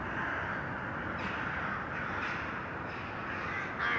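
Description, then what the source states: Crow caws, several harsh calls, the last one louder, over a steady noisy background. Urban crows; recording processed, detuned.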